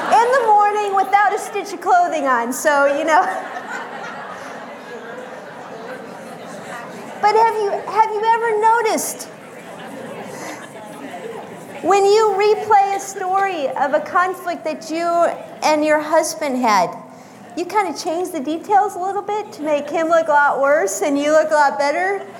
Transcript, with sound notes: in the morning, without a stitch of clothing on! (Laughter) Have you ever noticed when you replay a story of a conflict that you and your husband had, you kind of change the details a little bit to make him look a lot worse and you a lot better?